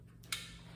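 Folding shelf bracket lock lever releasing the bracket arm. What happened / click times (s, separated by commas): The folding bracket latch released / 0.3 s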